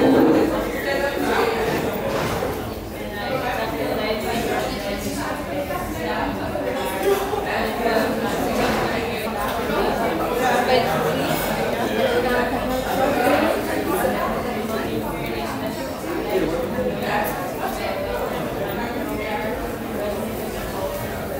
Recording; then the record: background sound without coughing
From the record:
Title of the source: 40 min - Ambience sounds UNIVERSITY lunchroom chatting